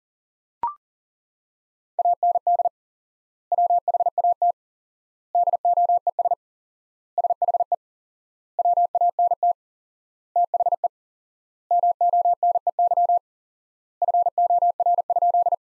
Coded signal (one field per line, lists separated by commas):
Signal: Morse code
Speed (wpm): 40 wpm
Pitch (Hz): 700 Hz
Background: none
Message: AND WHAT DOES SHE WANT THE MONEY FOR?